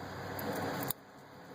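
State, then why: Seated. A fuel line quick-connect fitting with a new clip, lightly lubricated, is pushed onto the nipple of a new fuel filter on a 1999–2004 Jeep Grand Cherokee. A steady broadband rustle runs for the first 0.9 seconds, then a single sharp click lands at 0.9 s, after which the sound drops to a quiet background. The connector seats onto the filter.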